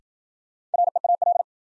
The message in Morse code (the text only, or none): REAL